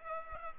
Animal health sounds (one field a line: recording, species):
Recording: mosquito wingbeat signal from an infrared sensor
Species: Culex pipiens